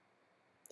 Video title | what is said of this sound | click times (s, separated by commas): How To Install Recessed Lighting In Existing Ceiling | snaps in place then we take our new light fixture put it up in the ceiling | 0.7 s